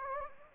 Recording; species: mosquito wingbeat signal from an infrared sensor; Anopheles gambiae